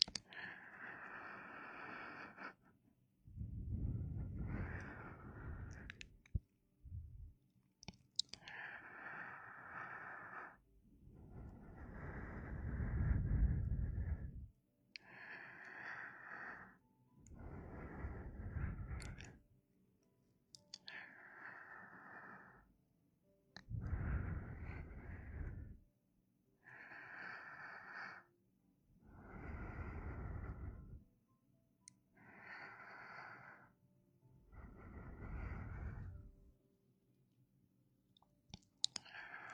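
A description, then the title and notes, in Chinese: Warm breathing right at the ear, in slow separate breaths roughly every two to three seconds, each a soft airy rush with a low, rounded body. Quiet gaps fall between the breaths, and a few small clicks and mouth sounds appear throughout. 贴耳温热呼吸~ 亲亲你。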